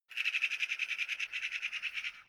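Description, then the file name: Magpie chattering in a rapid harsh rattle of many notes, running steadily for about two seconds. "magpie clamore"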